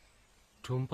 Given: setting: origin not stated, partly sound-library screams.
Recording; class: one-second piece from a danger detection set; normal situation